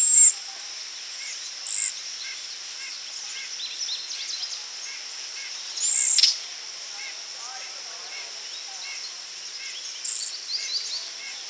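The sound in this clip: Cedar waxwing thin, high hissing whistles, four brief notes spaced irregularly, over faint chips and a steady high hum.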